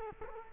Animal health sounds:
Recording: mosquito wingbeat signal from an infrared sensor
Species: Culex quinquefasciatus

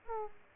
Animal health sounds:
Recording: mosquito wingbeat signal from an infrared sensor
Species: Aedes aegypti

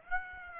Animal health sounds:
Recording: mosquito wingbeat signal from an infrared sensor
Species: Aedes aegypti

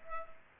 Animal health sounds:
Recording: mosquito wingbeat signal from an infrared sensor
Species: Culex pipiens

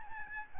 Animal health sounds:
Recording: mosquito wingbeat signal from an infrared sensor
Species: Aedes albopictus

